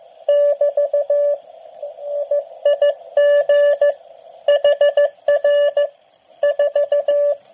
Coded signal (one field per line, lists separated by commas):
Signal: Morse code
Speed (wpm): 14 wpm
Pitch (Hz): 580 Hz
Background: none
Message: <BT> IIG HR 4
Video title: G3WZD QRP QSO